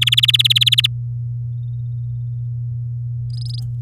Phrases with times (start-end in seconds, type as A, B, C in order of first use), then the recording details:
0.01-0.87 A, 3.30-3.60 B. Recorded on 9 May 2018 at 06:47. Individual llb16